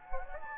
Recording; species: mosquito wingbeat signal from an infrared sensor; Anopheles gambiae